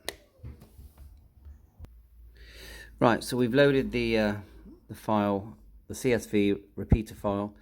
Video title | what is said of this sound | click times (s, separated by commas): ICOM IC-705 - FIRST TIME SET UP-HINTS AND TIPS | and you'll feel it click into place like that | 0.1 s